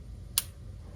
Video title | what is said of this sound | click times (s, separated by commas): Best iPhone 17 Phone Case - Casekoo Clear Case Unboxing and Review | So you get a little click when it locks into place. | 0.4 s